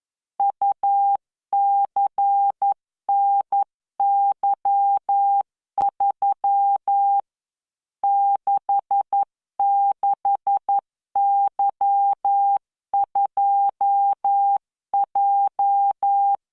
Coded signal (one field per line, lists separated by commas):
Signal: Morse code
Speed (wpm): 11 wpm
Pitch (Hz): 800 Hz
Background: none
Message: UCNY3 66Y2J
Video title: tamanのモールス練習動画7（モールス信号 速度11WPM スペース標準）Learn Morse Code